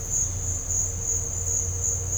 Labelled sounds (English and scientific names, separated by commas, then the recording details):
none
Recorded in dense forest near Puerto Asís, Putumayo, Colombia, on 4 March 2025 at 16:00
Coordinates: 0.468, -76.322
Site GP01